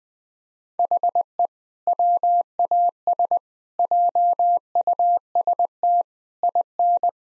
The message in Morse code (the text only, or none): HE WAS JUST IN